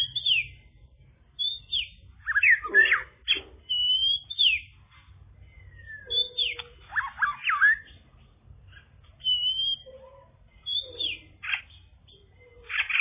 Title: kicau gelatik